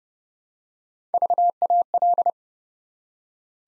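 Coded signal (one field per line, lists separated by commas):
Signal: Morse code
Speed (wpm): 30 wpm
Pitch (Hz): 700 Hz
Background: none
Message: VAL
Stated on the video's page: Morse practice at 30 wpm, building 5-letter words one letter at a time for beginners working on instant character recognition.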